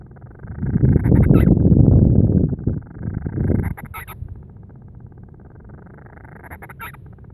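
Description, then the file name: Band-rumped storm petrel: buzzy rising churr finishing in squeaky notes, heard three times, with a loud burst of low rumbling noise near the start. "Band-rumped-Storm-Petrel-Oceanodroma-castro Grants"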